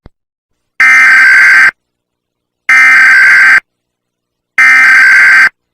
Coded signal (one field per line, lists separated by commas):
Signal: Emergency Alert System (SAME) tones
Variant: header bursts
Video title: ⚠️Barbados EAS alarm (MEGA HURRICANE)⚠️